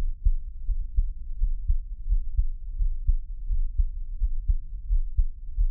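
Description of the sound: A normal adult heartbeat, the creator's own, heard through a close microphone in a Taiwanese ASMR piece, with no talking.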